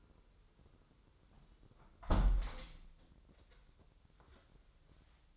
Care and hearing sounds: daily activity, microphone in the room; close window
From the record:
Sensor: 3

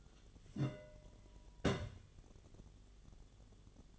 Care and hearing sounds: daily activity, microphone in the room; place on stove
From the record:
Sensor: 4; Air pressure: 1010.9 hPa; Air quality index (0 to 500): 167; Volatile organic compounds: 4 ppm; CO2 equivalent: 1696 ppm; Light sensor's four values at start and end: 39/113/45/46 and 40/114/45/46

